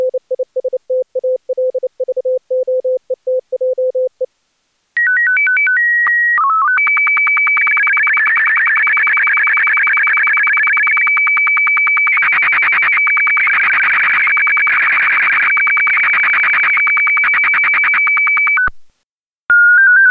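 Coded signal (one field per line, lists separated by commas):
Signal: SSTV (slow-scan television)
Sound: brief Morse-like beeping, then a two-tone header and a warbling, ticking whine for about 14 seconds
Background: preceding Morse code beeps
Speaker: volg nu eerst de mosse dan de sstv en dan een automatische omschakelt test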